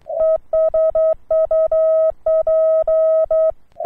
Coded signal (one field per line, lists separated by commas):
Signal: Morse code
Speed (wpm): 10 wpm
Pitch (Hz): 640 Hz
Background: none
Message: ES UP